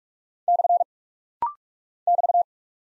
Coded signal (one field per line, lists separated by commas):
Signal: Morse code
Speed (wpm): 46 wpm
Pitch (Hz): 700 Hz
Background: none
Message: / <BT>